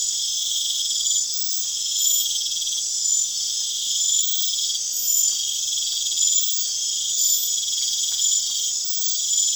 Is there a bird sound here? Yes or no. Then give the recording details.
no. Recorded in pastures near Puerto Asís, Putumayo, Colombia, on 30 June 2025 at 00:00. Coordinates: 0.502, -76.324. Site G010